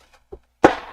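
A removable clip-on plastic attachment is refitted onto the side of a sewing machine body: its first tab goes into its hole, then the springy tab is pushed in until it pops into place. A double click is heard: a small soft click at 0.3 s, then a much louder, sharp snap at 0.7 s that rings out briefly. The attachment is seated and on.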